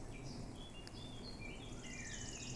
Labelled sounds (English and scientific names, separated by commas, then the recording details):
Eurasian Blackcap (Sylvia atricapilla)
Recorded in Germany
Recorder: ecoPi